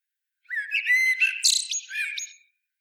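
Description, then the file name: Common blackbird: rich, fluty warbling that turns into a harsh, high scratchy twitter midway, then settles into softer warbled notes before fading. "Turdus merula"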